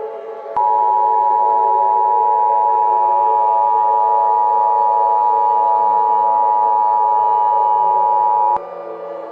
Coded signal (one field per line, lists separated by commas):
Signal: Emergency Alert System (SAME) tones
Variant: 853 and 960 Hz attention tone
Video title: Mini EAS Scenario - The Devil's Terror War